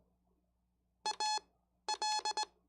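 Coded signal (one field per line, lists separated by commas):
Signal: Morse code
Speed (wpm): 20 wpm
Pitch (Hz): 860 Hz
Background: none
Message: AL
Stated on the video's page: CW practice during a live stream.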